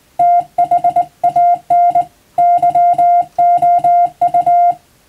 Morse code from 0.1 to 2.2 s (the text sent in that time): THAN